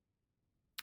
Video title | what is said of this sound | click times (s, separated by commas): VW, Audi, Porsche TDI Glow Plug Connector Housing Repair | But then all you have to do is just push. You'll hear a click. And then there you go. You have a solid connection. | 0.8 s